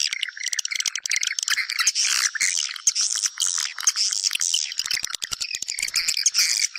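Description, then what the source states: Swiftlets chattering: busy, high buzzy chirps and sharp clicks run together throughout, with brief dips in loudness between bursts. Lure sound played to attract swiftlets for nest farming.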